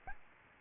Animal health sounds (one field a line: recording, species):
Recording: mosquito wingbeat signal from an infrared sensor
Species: Aedes albopictus